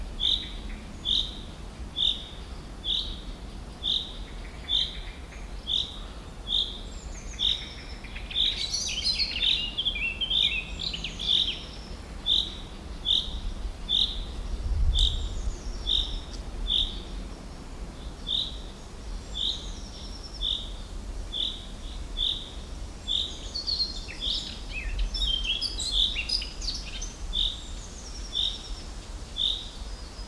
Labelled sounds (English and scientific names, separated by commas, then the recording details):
Common Chaffinch (Fringilla coelebs)
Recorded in the wild
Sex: male
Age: adult
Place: Briesetal, Brandenburg, DE
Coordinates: 52.6833, 13.2667
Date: 1997-05-17 17:52
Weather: sunny, 25°C
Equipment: Sony MD-WM MZ-R3, Sennheiser MKH 416 T, Kopie Uher 4000 Report Monitor
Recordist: Tembrock, Günter